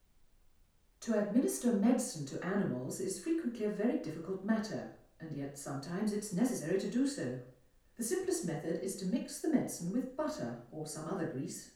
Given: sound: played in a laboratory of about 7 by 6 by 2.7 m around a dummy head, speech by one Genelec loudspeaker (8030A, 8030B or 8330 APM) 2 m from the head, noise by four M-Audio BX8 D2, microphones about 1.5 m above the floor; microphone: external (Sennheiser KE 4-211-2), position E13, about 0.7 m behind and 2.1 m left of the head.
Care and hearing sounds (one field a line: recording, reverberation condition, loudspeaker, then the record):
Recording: female speech in English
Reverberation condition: medium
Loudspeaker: in front (0 degrees)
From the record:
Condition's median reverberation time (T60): about 510 ms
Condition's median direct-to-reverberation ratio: about -0.5 dB